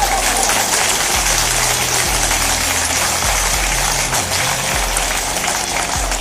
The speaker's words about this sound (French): Une belle main d'applaudissements. Ben, applaudissements, nous, on en faisait autant en studio, puis on était là, wow!